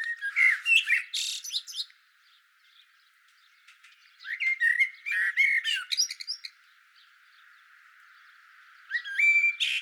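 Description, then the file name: Eurasian blackbird singing mellow warbled whistles, each phrase ending in thin, high twittering, with three phrases separated by short pauses. "Turdus merula"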